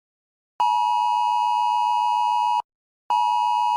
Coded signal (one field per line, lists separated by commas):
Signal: Emergency Alert System (SAME) tones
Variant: 853 and 960 Hz attention tone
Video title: eas alarms animated series 2